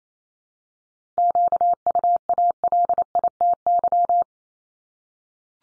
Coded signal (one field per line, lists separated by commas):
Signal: Morse code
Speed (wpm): 28 wpm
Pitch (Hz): 700 Hz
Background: none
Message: QUALITY